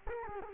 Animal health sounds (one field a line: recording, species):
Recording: mosquito wingbeat signal from an infrared sensor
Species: Culex quinquefasciatus